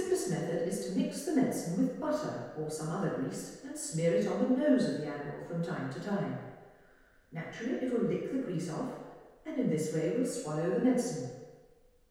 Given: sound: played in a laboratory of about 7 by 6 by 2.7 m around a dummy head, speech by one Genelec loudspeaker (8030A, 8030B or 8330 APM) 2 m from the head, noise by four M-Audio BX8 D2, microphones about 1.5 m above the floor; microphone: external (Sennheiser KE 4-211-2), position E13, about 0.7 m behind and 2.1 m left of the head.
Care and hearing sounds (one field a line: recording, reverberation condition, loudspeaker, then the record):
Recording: female speech in English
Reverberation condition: high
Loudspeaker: 60 degrees to the right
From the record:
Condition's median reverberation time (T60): about 1300 ms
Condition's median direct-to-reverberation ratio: about -4.0 dB